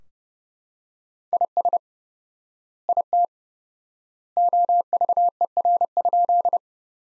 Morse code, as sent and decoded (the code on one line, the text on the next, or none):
.. ... / .. - / --- ...- . .-. ..--..
IS IT OVER?